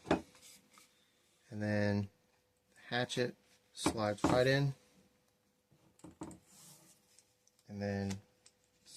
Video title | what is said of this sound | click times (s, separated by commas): Making a ax/hatchet cover | snaps in place. | 8.5 s